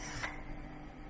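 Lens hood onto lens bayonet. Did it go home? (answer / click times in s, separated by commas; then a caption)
no / none. A plastic lens hood is lined up by its alignment dots and turned onto the bayonet of a Yongnuo YN 85mm F1.8S DF DSM Z lens. Only a faint brief rustle is heard around 0.2 seconds over a steady low hum. Nothing has clicked or seated.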